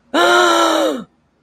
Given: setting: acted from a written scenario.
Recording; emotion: vocal sound without words; positive surprise